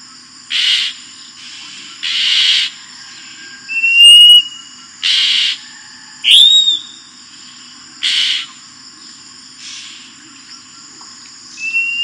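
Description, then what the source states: Oriental magpie-robin song of repeated short harsh rasping notes mixed with clear whistles, delivered at irregular intervals over a constant high-pitched background tone. Described as gacor, singing vigorously.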